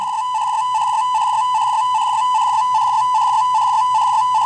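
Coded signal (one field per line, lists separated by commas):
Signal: Hellschreiber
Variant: FM Hell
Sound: continuous buzzy tone near 1 kHz, rhythmically switching between steady and warbling stretches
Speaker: so FM Hell, let's test it one more time. There you go, this is FM Hell.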